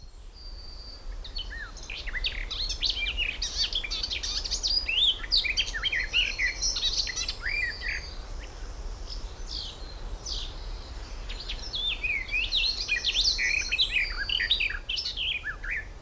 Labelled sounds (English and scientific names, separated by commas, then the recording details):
Garden Warbler (Sylvia borin)
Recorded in the wild
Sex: male
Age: adult
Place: Blankenfelde, Tegeler Fließ, Berlin, DE
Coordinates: 52.645, 13.395
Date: 1992-05-31 11:06
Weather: sonnig, 23-26°C
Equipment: Marantz CP 430, Sennheiser ME 80, K 30 AV, Kopie Tesla B 116
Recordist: Tembrock, Günter